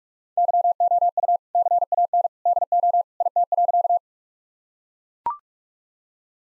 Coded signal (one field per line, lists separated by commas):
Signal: Morse code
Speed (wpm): 43 wpm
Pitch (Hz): 700 Hz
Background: none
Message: YOU CAN DO IT.